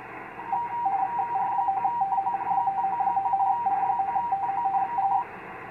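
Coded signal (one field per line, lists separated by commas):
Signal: RTTY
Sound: rapid warbling between two close tones, steady teleprinter-like chatter for about five seconds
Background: radio static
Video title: VK9MT -- Mellish Reef 15M RTTY de BX4AG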